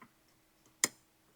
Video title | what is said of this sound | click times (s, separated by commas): Ford Expedition Rear HVAC Blend Door Actuator Replacement! | and snap it in. | 0.8 s